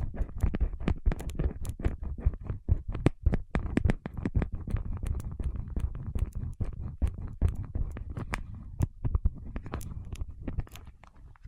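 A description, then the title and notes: Fingertips working over wax make a dense, irregular run of sharp clicks and scratchy taps throughout. The sharp sounds come several times a second, some crisp and bright, over a low rubbing, rumbling bed that thins slightly toward the end. ASMR with Wax Fingertips for Sleep (No Talking).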